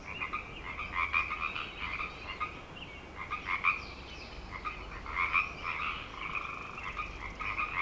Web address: The Frog Chorus Tunes Up On Grafton Lake frogs 090503